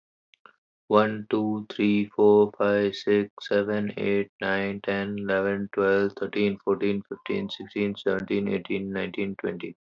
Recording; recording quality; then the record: counting at a normal pace; excellent, no background noise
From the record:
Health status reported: healthy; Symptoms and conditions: none ticked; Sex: male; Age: 23 years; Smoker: not ticked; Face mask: not worn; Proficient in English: yes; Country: India